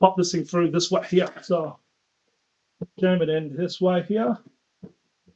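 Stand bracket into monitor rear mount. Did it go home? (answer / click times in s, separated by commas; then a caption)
no / none. During assembly of an Acer EI491CUR S 49-inch curved monitor, the stand bracket is handled to be pushed into the mount on the back of the monitor while someone talks, with a brief faint knock at about 2.8 s between phrases. The clip ends before the bracket goes home, so nothing has seated or clicked yet.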